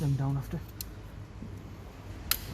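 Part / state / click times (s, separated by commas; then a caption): ignition coil pack connector onto engine coil/plug well / seated / 0.8 s, 2.3 s. Ignition coil pack connectors are pushed down onto the coil/plug wells of a 2009 VW Golf MK6 1.4 TSI engine after a spark plug change. Someone talks at the start, then sharp clicks at 0.8 s and 2.3 s mark the connectors seating.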